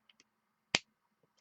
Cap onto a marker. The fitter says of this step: put see you hear that click got to put your back into this my friends